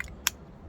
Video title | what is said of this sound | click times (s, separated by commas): Hermès H24 First Impressions | clicks into place no magnetic but anyways there is that and again | 0.3 s